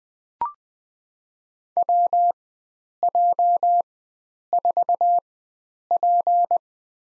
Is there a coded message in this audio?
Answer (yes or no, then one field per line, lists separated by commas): yes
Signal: Morse code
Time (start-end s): 1.8-6.6 s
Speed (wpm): 20 wpm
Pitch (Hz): 700 Hz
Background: none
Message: WJ4P